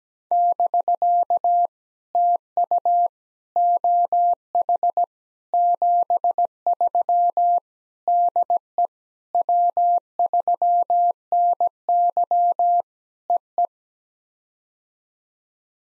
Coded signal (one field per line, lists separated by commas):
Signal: Morse code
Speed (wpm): 17 wpm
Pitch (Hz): 700 Hz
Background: none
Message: <BK> TU OH 73 DE W3NY EE